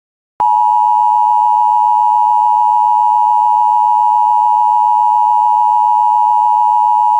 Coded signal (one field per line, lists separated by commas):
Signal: Emergency Alert System (SAME) tones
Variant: 853 and 960 Hz attention tone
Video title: SVR BY TULSA EAS #159